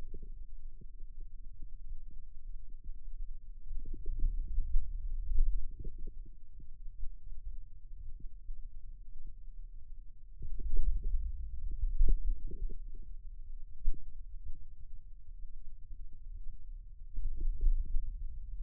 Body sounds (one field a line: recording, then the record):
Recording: forearm muscle sounds (acoustic myography)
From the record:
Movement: wrist extension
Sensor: system 2, bracelet of six BSWA MPA416 microphones around the upper forearm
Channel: 4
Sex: male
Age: 22 years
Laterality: right